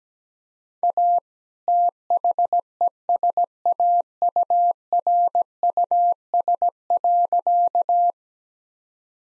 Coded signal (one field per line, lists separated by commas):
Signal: Morse code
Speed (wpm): 17 wpm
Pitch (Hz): 700 Hz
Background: none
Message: A THESAURUS.